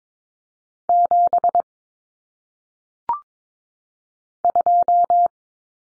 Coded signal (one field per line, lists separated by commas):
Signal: Morse code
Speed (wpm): 22 wpm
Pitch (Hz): 700 Hz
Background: none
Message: 7 2